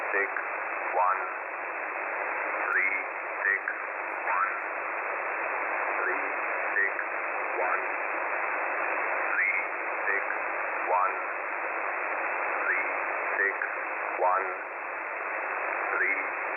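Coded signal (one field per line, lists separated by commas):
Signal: numbers station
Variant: E07, English man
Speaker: I believe this particular signal the English man I think is called it yo 7 as the designator is coming somewhere out of Russia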